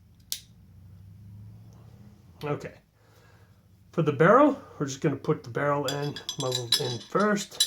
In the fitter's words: push in the slight cover plate and I'll push this in until it snaps